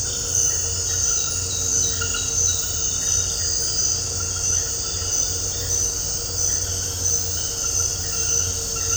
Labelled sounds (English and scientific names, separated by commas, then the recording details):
none
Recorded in dense forest near Puerto Asís, Putumayo, Colombia, on 4 March 2025 at 23:00
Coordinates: 0.468, -76.322
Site GP01